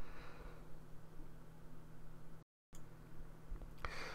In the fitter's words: pry it off until it comes unsnapped